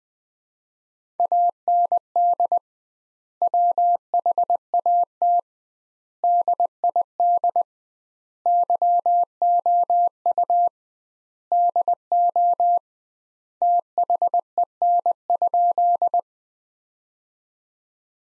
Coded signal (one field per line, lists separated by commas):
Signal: Morse code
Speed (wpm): 21 wpm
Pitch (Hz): 700 Hz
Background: none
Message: AND WHAT DID YOU DO THEN?